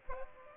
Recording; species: mosquito wingbeat signal from an infrared sensor; Aedes aegypti